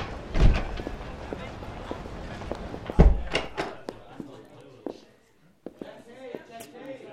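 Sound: door opening and closing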